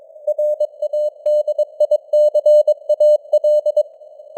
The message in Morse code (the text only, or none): RADICAL